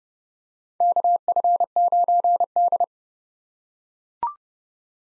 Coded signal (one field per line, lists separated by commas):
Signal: Morse code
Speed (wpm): 30 wpm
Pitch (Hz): 700 Hz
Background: none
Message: KF9D